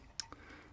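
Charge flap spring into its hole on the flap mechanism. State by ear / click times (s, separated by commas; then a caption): seated / 0.2 s. A charge flap spring on a Mitsubishi Outlander PHEV is pushed down toward its hole on the flap mechanism while the flap is partly closed. A sharp click at 0.2 s shows the spring snapping back into place, followed by a fainter click at 0.3 s. The spring is seated.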